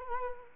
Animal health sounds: mosquito wingbeat signal from an infrared sensor; Culex quinquefasciatus

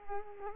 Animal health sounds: mosquito wingbeat signal from an infrared sensor; Culex quinquefasciatus

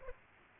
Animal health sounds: mosquito wingbeat signal from an infrared sensor; Aedes aegypti

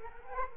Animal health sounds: mosquito wingbeat signal from an infrared sensor; Culex quinquefasciatus

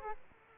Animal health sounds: mosquito wingbeat signal from an infrared sensor; Aedes aegypti

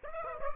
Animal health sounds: mosquito wingbeat signal from an infrared sensor; Aedes aegypti

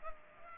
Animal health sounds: mosquito wingbeat signal from an infrared sensor; Culex pipiens

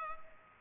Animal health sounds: mosquito wingbeat signal from an infrared sensor; Culex pipiens

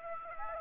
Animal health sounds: mosquito wingbeat signal from an infrared sensor; Aedes aegypti

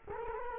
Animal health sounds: mosquito wingbeat signal from an infrared sensor; Culex quinquefasciatus

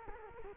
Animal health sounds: mosquito wingbeat signal from an infrared sensor; Culex quinquefasciatus

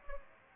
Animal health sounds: mosquito wingbeat signal from an infrared sensor; Aedes aegypti

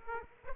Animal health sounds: mosquito wingbeat signal from an infrared sensor; Aedes aegypti

